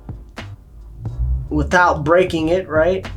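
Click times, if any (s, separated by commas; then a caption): none. The plastic tail peg of a knock-off action figure is pushed into the socket in the figure's back, with a few faint taps near 0.1, 0.4 and 1.1 s before someone talks. The tail goes in, but nothing has clicked into place.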